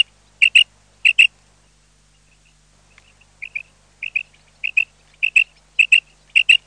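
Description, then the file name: Common quail calls in bright, clipped pairs, with a brief quiet gap and soft notes before the repeated doublets return. "QUAGLIA"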